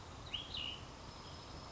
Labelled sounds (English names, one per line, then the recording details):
Cassin's Vireo
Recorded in Sonoma County, California